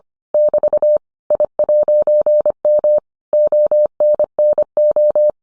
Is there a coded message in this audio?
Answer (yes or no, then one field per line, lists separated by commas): yes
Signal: Morse code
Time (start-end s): 0.3-5.3 s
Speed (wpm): 25 wpm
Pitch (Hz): 600 Hz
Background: none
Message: <BT> I'M ONNO